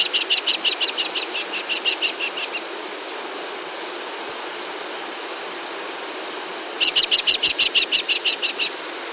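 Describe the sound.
New Zealand falcon giving fast harsh repeated cries, a pause of several seconds with background hiss, then another loud burst.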